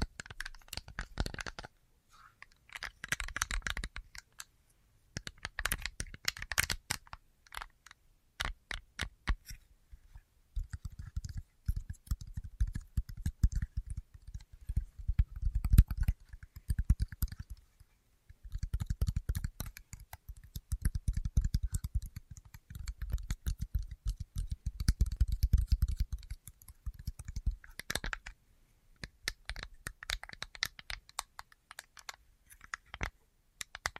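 An assortment of tapping sounds in quick, irregular bursts with short pauses between them. The first ten seconds are crisp and clicky, like fingertips or nails on a hard surface. Dull, low, thuddy tapping runs from about ten to twenty-seven seconds, then brighter clicks return.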